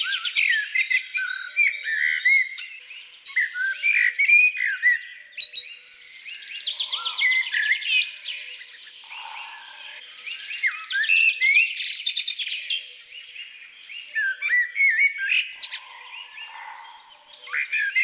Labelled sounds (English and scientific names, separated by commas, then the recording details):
Common Blackbird (Turdus merula) song
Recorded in the wild
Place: Oberrotweil am Kaiserstuhl, Baden-Württemberg, DE
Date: 1984-04-28
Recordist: Schwarz, Dieter